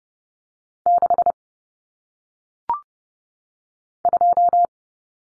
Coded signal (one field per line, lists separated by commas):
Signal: Morse code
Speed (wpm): 30 wpm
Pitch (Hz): 700 Hz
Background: none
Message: 6 2